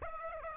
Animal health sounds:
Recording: mosquito wingbeat signal from an infrared sensor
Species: Aedes aegypti

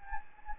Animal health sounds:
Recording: mosquito wingbeat signal from an infrared sensor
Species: Anopheles gambiae

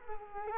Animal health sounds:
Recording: mosquito wingbeat signal from an infrared sensor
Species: Culex quinquefasciatus

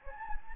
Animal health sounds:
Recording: mosquito wingbeat signal from an infrared sensor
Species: Anopheles gambiae

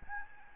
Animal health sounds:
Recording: mosquito wingbeat signal from an infrared sensor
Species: Aedes albopictus

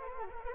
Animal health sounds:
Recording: mosquito wingbeat signal from an infrared sensor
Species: Anopheles arabiensis

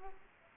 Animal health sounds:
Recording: mosquito wingbeat signal from an infrared sensor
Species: Aedes aegypti

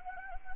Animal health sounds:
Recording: mosquito wingbeat signal from an infrared sensor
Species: Anopheles gambiae

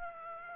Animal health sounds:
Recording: mosquito wingbeat signal from an infrared sensor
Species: Aedes aegypti

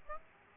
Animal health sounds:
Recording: mosquito wingbeat signal from an infrared sensor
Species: Aedes aegypti

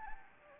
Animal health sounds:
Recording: mosquito wingbeat signal from an infrared sensor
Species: Anopheles gambiae

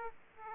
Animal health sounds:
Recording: mosquito wingbeat signal from an infrared sensor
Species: Aedes aegypti

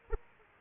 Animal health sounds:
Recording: mosquito wingbeat signal from an infrared sensor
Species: Aedes aegypti

